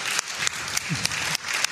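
crowd, audience applause

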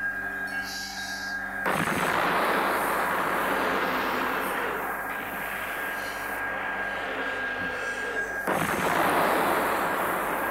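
sound effect, explosion

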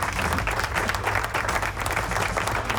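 crowd, applause

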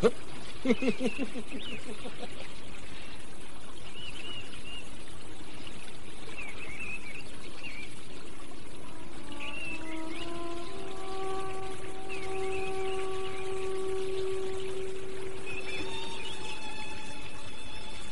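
nature, river water splashing

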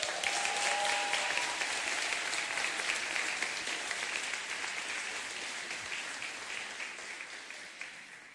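crowd, audience applause

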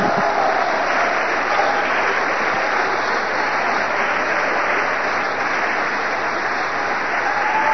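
crowd, audience applauding

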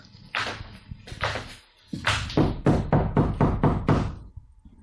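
household object, knocking on a door

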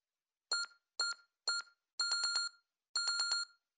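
household object, alarm clock ringing

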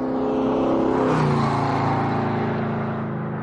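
vehicle, car speeding past

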